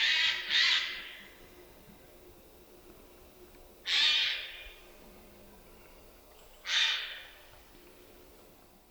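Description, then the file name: Eurasian jay giving harsh rasping screeches: a double screech at the start, then single screeches about three seconds apart, over a quiet background. "Garrulus glandarius"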